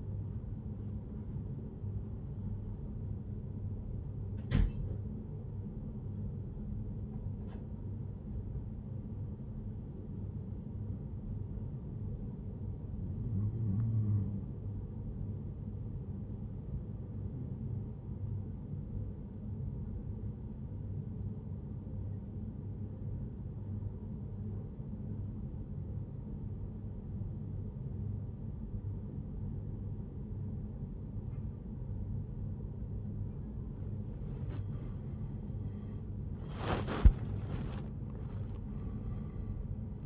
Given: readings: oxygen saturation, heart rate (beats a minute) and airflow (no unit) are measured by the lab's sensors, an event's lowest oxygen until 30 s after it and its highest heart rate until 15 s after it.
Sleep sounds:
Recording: breathing in sleep by a smartphone at the bedside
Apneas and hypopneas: 1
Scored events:
21.00-35.10 s: obstructive apnea (N1, oxygen 95% highest, then 90% lowest, heart rate 81 at the start, 89 highest)
39.00-40.06 s: new sleep stage, awake
From the record:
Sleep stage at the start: N1 (lightest sleep)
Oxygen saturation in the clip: 93 to 96%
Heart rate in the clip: 73 to 89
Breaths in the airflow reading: 4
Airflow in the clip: -13.1 to 12.3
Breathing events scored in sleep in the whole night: 131 in 7.2 hours asleep

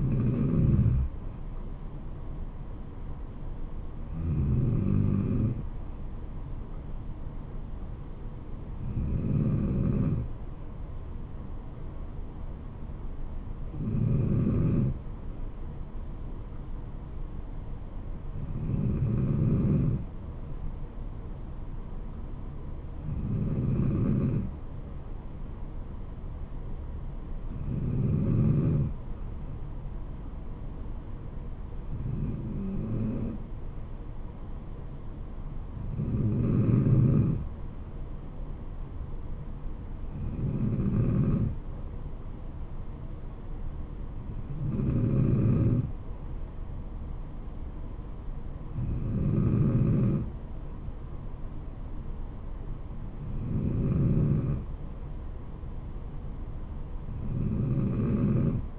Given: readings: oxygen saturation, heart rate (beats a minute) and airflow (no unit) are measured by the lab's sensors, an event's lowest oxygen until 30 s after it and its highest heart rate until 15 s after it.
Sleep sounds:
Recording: breathing in sleep by a smartphone at the bedside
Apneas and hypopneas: none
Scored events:
29.00-58.79 s: new sleep stage, N3 (deep sleep)
From the record:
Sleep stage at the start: N2 (light sleep)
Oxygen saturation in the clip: 93 to 94%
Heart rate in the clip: 65 to 74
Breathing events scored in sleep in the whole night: 426 in 7.4 hours asleep

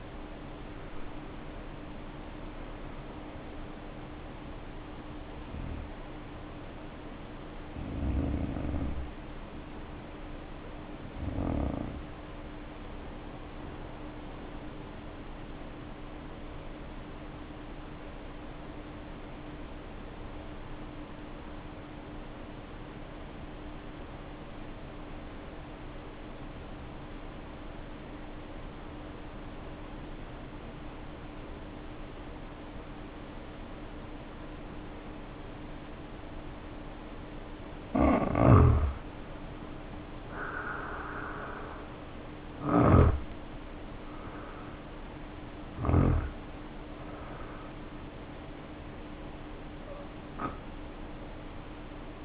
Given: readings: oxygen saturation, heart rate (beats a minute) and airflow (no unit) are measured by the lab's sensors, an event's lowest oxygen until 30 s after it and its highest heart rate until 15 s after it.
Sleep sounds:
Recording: breathing in sleep by a voice recorder at the bedside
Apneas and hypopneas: 1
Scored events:
0.00-6.00 s: awake
11.00-40.20 s: hypopnea (REM, oxygen 96% highest, then 77% lowest, heart rate 52 at the start, 72 highest)
30.00-52.25 s: new sleep stage, N1 (lightest sleep)
From the record:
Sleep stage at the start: REM sleep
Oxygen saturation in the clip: 79 to 96%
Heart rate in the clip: 52 to 72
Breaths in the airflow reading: 18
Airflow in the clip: -2.3 to 2.6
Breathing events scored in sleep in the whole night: 520 in 7.2 hours asleep

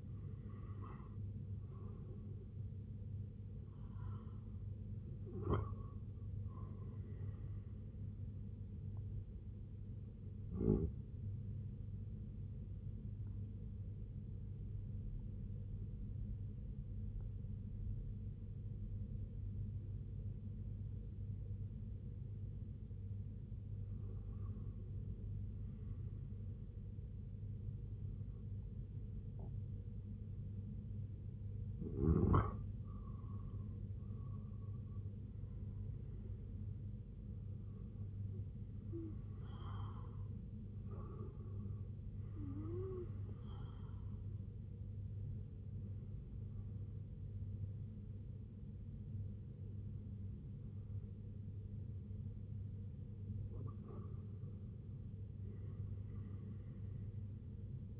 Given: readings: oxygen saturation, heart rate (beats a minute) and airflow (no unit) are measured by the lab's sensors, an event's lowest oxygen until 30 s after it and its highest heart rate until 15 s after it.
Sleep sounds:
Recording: breathing in sleep by a smartphone at the bedside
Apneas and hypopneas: 2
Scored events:
12.00-32.10 s: hypopnea (N1, oxygen 94% highest, then 90% lowest, heart rate 75 at the start, 89 highest)
40.00-52.90 s: hypopnea (N1, oxygen 91% highest, then 90% lowest, heart rate 84 at the start, 88 highest)
From the record:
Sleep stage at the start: N1 (lightest sleep)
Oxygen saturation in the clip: 88 to 95%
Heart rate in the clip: 69 to 89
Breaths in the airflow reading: 12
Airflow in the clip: -7.8 to 7.0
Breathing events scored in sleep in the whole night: 258 in 7.4 hours asleep

